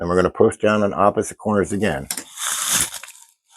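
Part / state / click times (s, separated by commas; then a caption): CPU cooler push pins into motherboard holes / seated / 3.0 s, 3.2 s. Someone talks, then the other pair of CPU cooler push pins is pressed down on opposite corners into the motherboard holes, with a rustling press sound. Two sharp clicks at 3.0 s and 3.2 s mark the remaining pins snapping in, and the cooler is seated.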